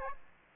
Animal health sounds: mosquito wingbeat signal from an infrared sensor; Aedes aegypti

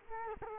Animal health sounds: mosquito wingbeat signal from an infrared sensor; Culex quinquefasciatus

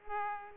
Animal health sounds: mosquito wingbeat signal from an infrared sensor; Culex pipiens

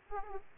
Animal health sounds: mosquito wingbeat signal from an infrared sensor; Aedes aegypti

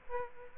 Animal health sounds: mosquito wingbeat signal from an infrared sensor; Aedes aegypti

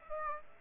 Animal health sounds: mosquito wingbeat signal from an infrared sensor; Aedes aegypti

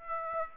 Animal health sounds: mosquito wingbeat signal from an infrared sensor; Aedes aegypti

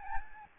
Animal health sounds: mosquito wingbeat signal from an infrared sensor; Aedes albopictus

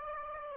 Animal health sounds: mosquito wingbeat signal from an infrared sensor; Aedes aegypti

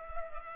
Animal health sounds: mosquito wingbeat signal from an infrared sensor; Culex pipiens

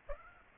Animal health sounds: mosquito wingbeat signal from an infrared sensor; Aedes aegypti

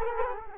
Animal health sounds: mosquito wingbeat signal from an infrared sensor; Culex quinquefasciatus

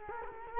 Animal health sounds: mosquito wingbeat signal from an infrared sensor; Culex quinquefasciatus

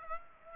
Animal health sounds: mosquito wingbeat signal from an infrared sensor; Aedes aegypti

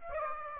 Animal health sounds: mosquito wingbeat signal from an infrared sensor; Aedes aegypti

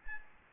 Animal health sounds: mosquito wingbeat signal from an infrared sensor; Aedes albopictus

